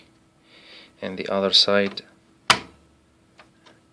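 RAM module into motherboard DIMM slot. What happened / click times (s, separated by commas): The memory module latch clicks shut / 2.5 s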